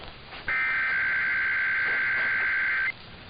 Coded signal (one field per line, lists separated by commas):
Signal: Emergency Alert System (SAME) tones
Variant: header bursts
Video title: [EAS #2395-#2399] Sunday & Monday RWTs